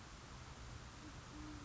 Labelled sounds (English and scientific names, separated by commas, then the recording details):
Band-tailed Pigeon (Patagioenas fasciata)
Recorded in Sonoma County, California